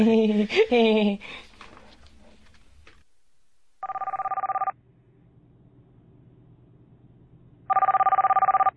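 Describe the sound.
A mobile phone rings in a movie theater during a film, after a few seconds of someone talking: two short bursts of a bright, trilling electronic ringtone separated by a pause, over a low steady hum.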